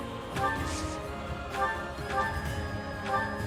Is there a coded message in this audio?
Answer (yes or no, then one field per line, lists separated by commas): no